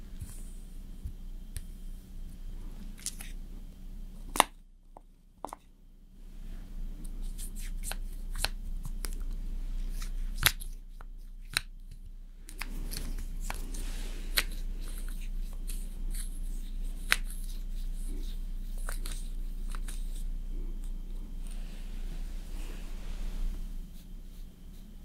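Slow makeup application: soft brushing and dabbing, small sticky squishes, and occasional crisp clicks and snips of tools. Sharp taps come around five, ten and twelve seconds, with brief near-silent gaps, over a steady low hum.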